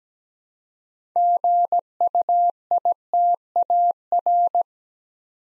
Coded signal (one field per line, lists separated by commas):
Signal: Morse code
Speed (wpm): 17 wpm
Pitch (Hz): 700 Hz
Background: none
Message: GUITAR